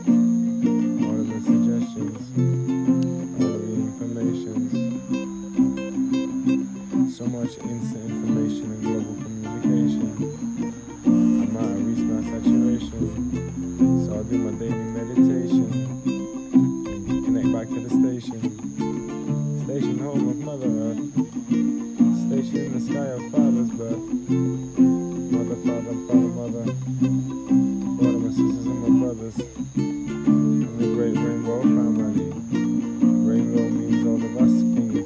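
A dense, steady chorus of frogs croaks in overlapping low tones, while crickets hold one unbroken high pitch and wind rumbles faintly underneath.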